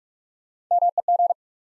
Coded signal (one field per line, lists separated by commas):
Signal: Morse code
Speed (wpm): 42 wpm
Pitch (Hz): 700 Hz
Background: none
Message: MEG